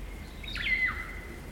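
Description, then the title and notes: Kaka whistle, a single note that rises briefly, holds steady, then drops away, with another faint whistle held underneath. Kaka, a large parrot, eerie dusk chorus in late spring at Karori Sanctuary near Wellington, New Zealand. "It's late spring at the Karori Sanctuary near Wellington, New Zealand and the kakas – a large species of parrot – are singing their eerie dusk chorus. BBC Countryfile Magazine's Sound Escapes. Recorded by Margaret Bartlett."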